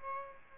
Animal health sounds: mosquito wingbeat signal from an infrared sensor; Aedes aegypti

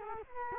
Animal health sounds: mosquito wingbeat signal from an infrared sensor; Culex quinquefasciatus

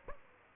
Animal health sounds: mosquito wingbeat signal from an infrared sensor; Aedes aegypti

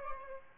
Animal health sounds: mosquito wingbeat signal from an infrared sensor; Aedes albopictus

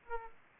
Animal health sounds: mosquito wingbeat signal from an infrared sensor; Aedes aegypti

